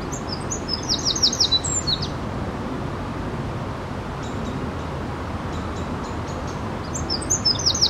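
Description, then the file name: Eurasian wren song, a quick high trill and chips at the start, faint notes in the middle, another trill at the end, constant low hiss throughout. "Troglodytes troglodytes"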